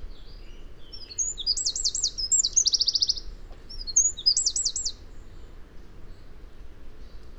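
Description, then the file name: Eurasian wren song: a high burst of chirps and a rapid buzzy trill, then a shorter trilled phrase after a brief pause, over a soft low rumble. "Troglodytes troglodytes"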